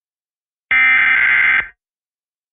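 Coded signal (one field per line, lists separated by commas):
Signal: Emergency Alert System (SAME) tones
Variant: header bursts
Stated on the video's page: EAS tests.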